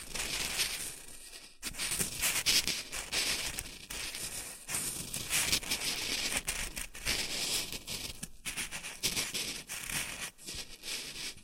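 Shredded tissue and packing peanuts rustle and crinkle in dense, uneven bursts that fill the whole clip. The texture is bright and papery, surging and easing irregularly, with brief near-silent gaps around 1.5, 4.5 and 8.5 seconds before the crackling picks up again.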